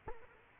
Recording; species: mosquito wingbeat signal from an infrared sensor; Culex quinquefasciatus